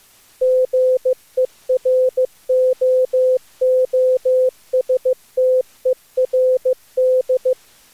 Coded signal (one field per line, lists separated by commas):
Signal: Morse code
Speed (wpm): 18 wpm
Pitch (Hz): 500 Hz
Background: none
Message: GEROOSTERD